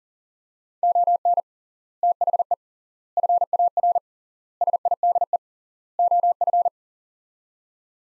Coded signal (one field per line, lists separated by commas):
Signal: Morse code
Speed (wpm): 40 wpm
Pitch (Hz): 700 Hz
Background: none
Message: ON THE FAR SIDE OF